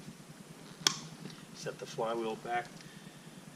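The handwheel of a Zodiac inflatable boat's intercommunicating valve is refitted onto the valve body, with its indent mark lined up in the closed position. A single sharp click at 0.9 s shows it seating into position, over a low steady hum. Someone then talks.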